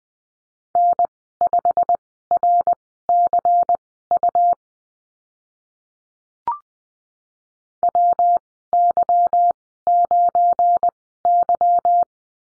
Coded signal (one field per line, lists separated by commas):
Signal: Morse code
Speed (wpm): 20 wpm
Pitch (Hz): 700 Hz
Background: none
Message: N5RCU WY9Y